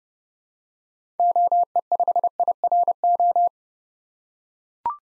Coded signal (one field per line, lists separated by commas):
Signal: Morse code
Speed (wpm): 30 wpm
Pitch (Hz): 700 Hz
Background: none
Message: OE5IRO